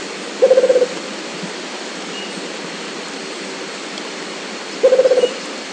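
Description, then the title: Rufous-capped motmot repeating a short low hooting trill twice, about four seconds apart, over steady background noise. "LuckyPassaro Completos2Sama. Rufous-capped Motmot (Baryphthengus ruficapillus)"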